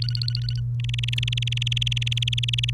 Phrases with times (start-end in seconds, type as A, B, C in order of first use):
0.02-0.60 A, 0.80-2.73 B